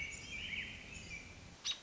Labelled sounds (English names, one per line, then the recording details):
American Robin
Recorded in Sonoma County, California